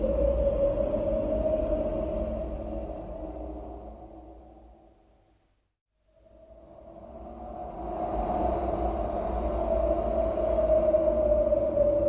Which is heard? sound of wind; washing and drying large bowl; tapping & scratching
sound of wind